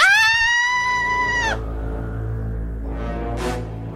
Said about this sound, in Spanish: ¡Chicos! ¡Eso ha sido un grito! ¡Mirad! ¡Mirad por la ventana! ¡Esa anciana está siendo atracada por el chino!